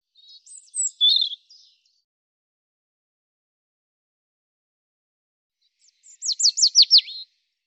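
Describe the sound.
European robin song: a short high warbled phrase, then after a long pause a fast run of descending high notes; background otherwise silent.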